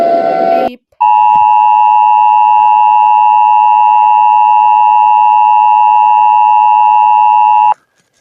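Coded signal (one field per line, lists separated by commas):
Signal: Emergency Alert System (SAME) tones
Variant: 853 and 960 Hz attention tone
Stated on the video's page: Simulated EAS scenario.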